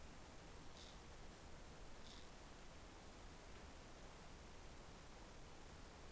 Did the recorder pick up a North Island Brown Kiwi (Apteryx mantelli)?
no